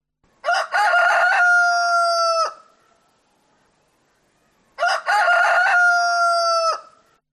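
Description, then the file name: Chicken: a rooster crowing twice, each crow a loud, harsh, drawn-out cock-a-doodle-doo of about two seconds, separated by a couple of seconds of quiet. Male. "audio hero Bird Rooster"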